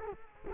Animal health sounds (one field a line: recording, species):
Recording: mosquito wingbeat signal from an infrared sensor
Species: Culex quinquefasciatus